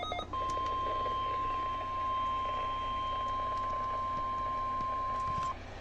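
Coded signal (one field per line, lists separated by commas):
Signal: Emergency Alert System (SAME) tones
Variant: 1050 Hz attention tone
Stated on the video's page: Required weekly test from a NOAA weather radio station.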